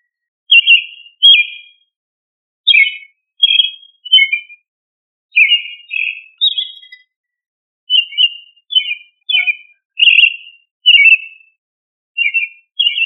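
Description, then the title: Thrush song of rich whistled notes and short warbled phrases, repeated with varied patterns and small gaps, over a silent background. "Familia Turdidae - Sabia"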